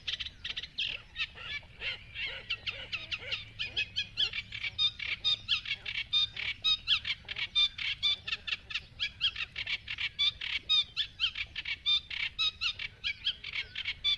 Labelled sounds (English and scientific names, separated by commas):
Eurasian Reed Warbler (Acrocephalus scirpaceus)